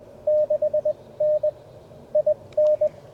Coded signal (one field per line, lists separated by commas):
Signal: Morse code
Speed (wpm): 21 wpm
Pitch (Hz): 600 Hz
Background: radio noise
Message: 6 N I N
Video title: QRP CW POTA with K2 and 40-10 EFHW